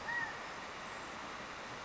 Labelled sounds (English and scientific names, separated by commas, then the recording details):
California Quail (Callipepla californica)
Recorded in Sonoma County, California